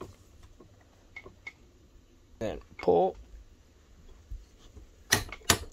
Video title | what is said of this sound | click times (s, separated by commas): How to Install AR15 Barrel - Aero Precision Upper | There you go, until it clicks. | 5.1 s, 5.5 s